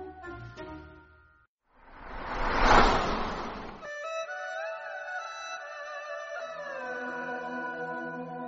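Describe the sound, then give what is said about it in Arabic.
An eerie, melodic howling call of sustained tones that slowly bend and glide in pitch, following a brief tonal passage and a swelling rush of noise, with no one speaking. It is Japanese music used by Zen priests for concentration, played on a slowly turning tape recorder in a darkened laboratory. “ساد الظلام المعمل فيما عدا صوتا غريبا كأنه عواء أو نداء غامض يتخذ طابعا لحنيا ينبعث من جهاز التسجيل الذي يدور ببطء.”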